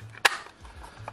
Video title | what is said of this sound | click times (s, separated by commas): DIY Off-Grid Shed Lighting (Ryobi 18V Lights) | It clicks in pretty nicely there. | 0.3 s